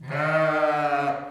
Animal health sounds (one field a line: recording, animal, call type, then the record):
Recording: contact call of a hoofed animal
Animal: sheep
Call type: low-frequency (closed-mouth) or high-frequency (open-mouth) call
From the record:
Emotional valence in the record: negative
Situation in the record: short social isolation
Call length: 1.31 s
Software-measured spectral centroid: 1570 Hz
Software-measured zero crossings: 1720 a second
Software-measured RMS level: -24 dBFS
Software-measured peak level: -10 dBFS